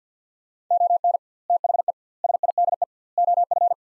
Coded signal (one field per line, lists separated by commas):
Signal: Morse code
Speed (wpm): 50 wpm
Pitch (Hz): 700 Hz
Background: none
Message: ON THE SIDE OF